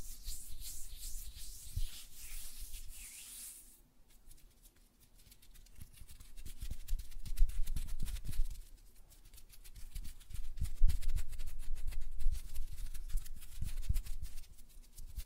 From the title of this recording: Tapping on Nails, Finger Fluttering, Hand Sounds